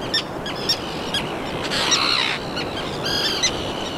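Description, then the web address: Common tern calls, short clipped notes repeated several times, with a longer rasping call near the middle and another harsh burst toward the end. "garajau-comum Vocalizacoes"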